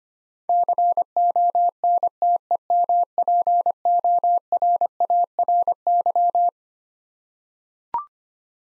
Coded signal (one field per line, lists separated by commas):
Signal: Morse code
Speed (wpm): 25 wpm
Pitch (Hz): 700 Hz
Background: none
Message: CONTEMPORARY